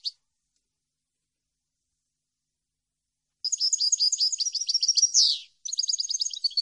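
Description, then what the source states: European goldfinch song: a lone chip, a pause, then a long rapid twittering phrase ending in a buzzy slur and resuming at once. Clean goldfinch song recording made for copying, meant for song training of birds.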